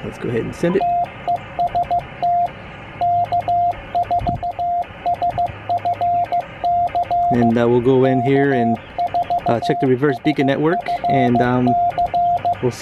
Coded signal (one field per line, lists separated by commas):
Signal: Morse code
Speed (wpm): 16 wpm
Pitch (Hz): 700 Hz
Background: speech, radio noise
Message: TEST K4SFC K4SFC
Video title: QRPGuys triband vertical antenna deployment. How I deploy mine.